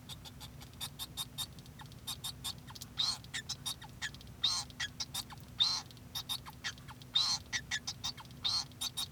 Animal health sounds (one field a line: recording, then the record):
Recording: song of a male Bengalese finch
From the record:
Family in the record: son of father 2